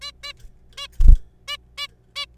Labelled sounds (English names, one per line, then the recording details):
Zebra Finch
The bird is a juvenile
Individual R3428